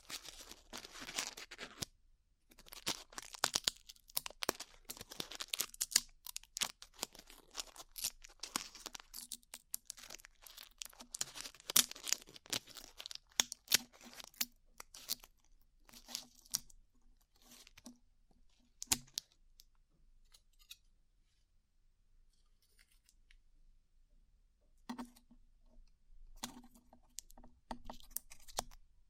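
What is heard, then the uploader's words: Sticky peeling and crinkling sounds, like glue being pulled off skin, come in dense bursts of sharp clicks and crackles for the first twenty seconds. After a quiet stretch around twenty seconds, scattered peels and crinkles return. A faint low hum sits underneath throughout. ASMR Peeling Glue Off Your Ears (No Talking).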